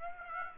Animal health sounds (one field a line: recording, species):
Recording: mosquito wingbeat signal from an infrared sensor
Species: Aedes aegypti